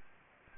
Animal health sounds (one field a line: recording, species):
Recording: mosquito wingbeat signal from an infrared sensor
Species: Anopheles gambiae